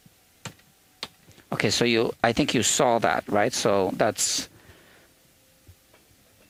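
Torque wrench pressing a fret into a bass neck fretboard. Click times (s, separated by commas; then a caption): 0.5 s, 1.0 s. A fret centered in the neck slot of a Fender Jazz Bass fretboard is pressed in with a torque wrench driving an arbor press during a refret. The wrench clicks at its setting at 0.5 s and 1.0 s, two short sharp ticks. Someone then talks.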